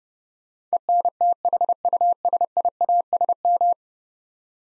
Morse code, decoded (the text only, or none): ENTHUSIASM